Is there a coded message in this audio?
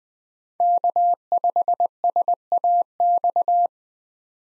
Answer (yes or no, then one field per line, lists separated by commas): yes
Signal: Morse code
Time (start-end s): 0.6-3.7 s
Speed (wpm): 20 wpm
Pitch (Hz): 700 Hz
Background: none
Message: K5SAX